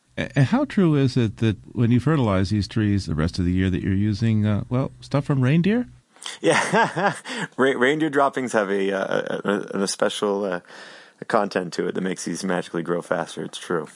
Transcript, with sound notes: And how true is it that when you fertilize these trees the rest of the year that you using, well, stuff from reindeer?
Yeah. [LAUGHS] Reindeer droppings have a special content to it that makes these magically grow faster, it’s true.